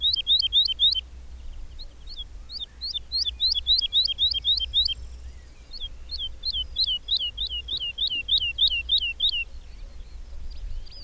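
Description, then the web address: Bird song in three fast bursts of rhythmic, sharply slurred notes separated by short gaps, each burst a rapid repeated phrase; low steady background rumble. "madarak enek"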